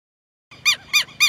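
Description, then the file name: Southern lapwing giving three sharp, harsh notes evenly spaced after a brief silence. "canto do quero quero"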